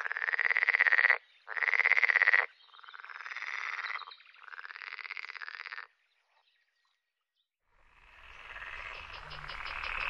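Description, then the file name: Pool frog calling in long, buzzy pulsed trills, two loud bursts then two softer ones, a pause, and a wash of noise at the end. "grenouille de lessona"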